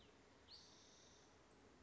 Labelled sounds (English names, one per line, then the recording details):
Spotted Towhee
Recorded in Sonoma County, California